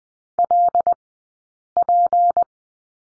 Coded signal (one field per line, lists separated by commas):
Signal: Morse code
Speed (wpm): 20 wpm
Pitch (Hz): 700 Hz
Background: none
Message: LP